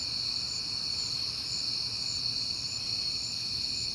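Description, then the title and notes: Crickets trilling continuously in a high, even chorus over a soft low background hum. Crickets heard often in September; recorded at night on a peaceful night. "Night Time: Crickets and Passing Cars. It is September and I have been hearing the crickets a lot"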